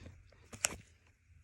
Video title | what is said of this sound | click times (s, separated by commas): 2nd Gen Prius Brake Switch Replacement | and then it should just slide kind of back into plate there it is and it clicks into place | 0.6 s